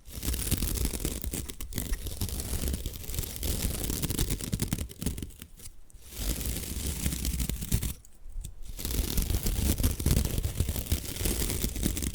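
Bamboo being scratched and brushed in a dense, rasping texture, with quick tapping clicks scattered throughout. The scraping runs almost continuously, easing off into brief quieter gaps near six seconds and again around eight, then picking back up with steady rustling strokes.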